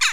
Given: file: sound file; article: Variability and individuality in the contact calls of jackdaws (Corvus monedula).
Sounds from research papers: jackdaw call; harmonic

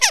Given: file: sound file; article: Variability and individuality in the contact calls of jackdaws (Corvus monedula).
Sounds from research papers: jackdaw call; harmonic

